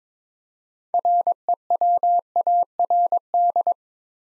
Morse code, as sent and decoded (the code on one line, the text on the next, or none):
.-. . .-- .- .-. -..
REWARD